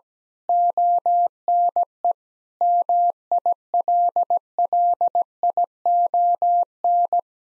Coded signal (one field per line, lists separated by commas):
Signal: Morse code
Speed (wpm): 17 wpm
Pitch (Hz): 700 Hz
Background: none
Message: ONE MILLION